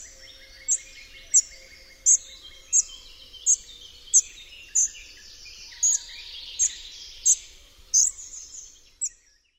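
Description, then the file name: Spotted flycatcher uttering a run of thin, piercing high notes roughly every half to one second, over a busy background chorus of birds. "MUCHOŁÓWKA SZARA"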